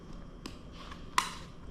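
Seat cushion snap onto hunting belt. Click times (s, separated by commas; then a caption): 1.2 s. A snap fastener on a padded seat cushion is pressed closed onto a hunting belt, with a faint tick at 0.5 s and then a sharp, bright snap at 1.2 s. The snap closes and the cushion is fastened to the belt.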